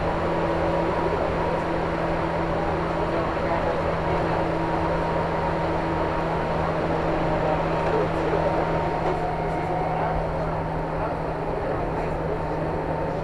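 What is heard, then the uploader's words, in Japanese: Inside a local train on the Chuo East Line, stopped at a station, a steady low hum with a constant drone holds throughout. Murmured voices blend into the background, and the overall level stays even with no distinct events. 中央東線普通 大月→高尾。四方津駅で特急の通過待ちで9分停車します。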